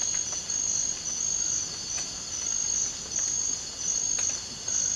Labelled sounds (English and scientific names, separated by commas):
none